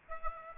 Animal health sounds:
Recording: mosquito wingbeat signal from an infrared sensor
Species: Aedes aegypti

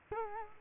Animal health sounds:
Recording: mosquito wingbeat signal from an infrared sensor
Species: Culex quinquefasciatus

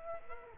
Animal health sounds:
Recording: mosquito wingbeat signal from an infrared sensor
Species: Culex quinquefasciatus

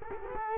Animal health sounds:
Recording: mosquito wingbeat signal from an infrared sensor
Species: Culex quinquefasciatus

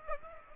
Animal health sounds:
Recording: mosquito wingbeat signal from an infrared sensor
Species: Aedes aegypti

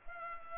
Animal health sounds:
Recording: mosquito wingbeat signal from an infrared sensor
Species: Culex pipiens

